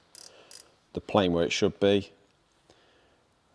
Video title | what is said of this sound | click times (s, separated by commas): DON’T BELIEVE MANUFACTURERS: THIS COULD BLOW YOUR ENGINE UP | So if you turn it on that, you know that you're not over tightening it once that starts to click, okay? | 0.1 s, 0.2 s, 0.3 s, 0.5 s, 0.6 s